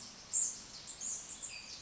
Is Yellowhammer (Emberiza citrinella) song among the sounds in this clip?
no